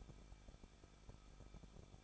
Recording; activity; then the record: daily activity, microphone in the room; no activity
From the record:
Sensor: 5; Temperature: 20.8 degrees Celsius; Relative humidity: 38.3%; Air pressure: 1006.4 hPa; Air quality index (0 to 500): 188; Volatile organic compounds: 19 ppm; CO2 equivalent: 2645 ppm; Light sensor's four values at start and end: 2/3/1/1 and 2/3/1/1